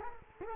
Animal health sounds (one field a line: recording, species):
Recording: mosquito wingbeat signal from an infrared sensor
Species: Culex quinquefasciatus